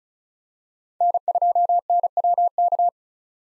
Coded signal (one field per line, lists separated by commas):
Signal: Morse code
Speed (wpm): 34 wpm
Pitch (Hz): 700 Hz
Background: none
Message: N2NWK